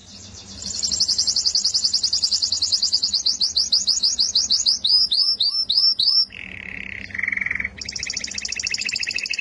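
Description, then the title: Canary singing a long high rolling trill, then crisp repeated downward-slurred notes, followed by lower buzzy trills and a final high roll. "Kenari"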